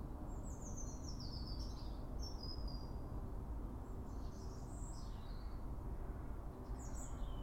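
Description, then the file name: European robin giving a thin, high descending trill, a short whistled phrase, then scattered tinkling notes, set against a steady low-frequency rumble. "Erithacus rubecula"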